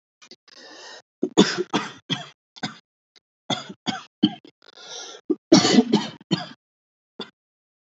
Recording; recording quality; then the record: heavy voluntary cough; excellent, no background noise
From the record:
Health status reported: healthy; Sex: male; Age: 22 years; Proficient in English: yes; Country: India